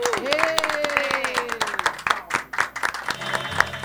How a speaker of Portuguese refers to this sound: A todos nós. Até então, gente, uma salva de palmas para nós.